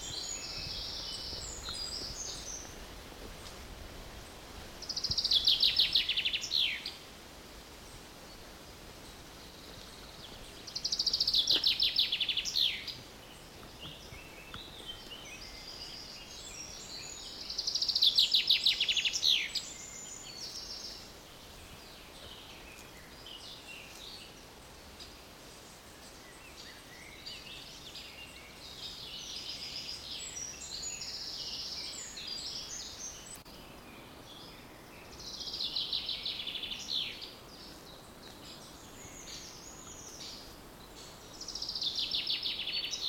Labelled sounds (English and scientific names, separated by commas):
Eurasian Wren (Troglodytes troglodytes)